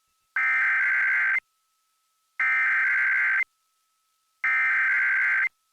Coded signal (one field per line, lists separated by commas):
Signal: Emergency Alert System (SAME) tones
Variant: header bursts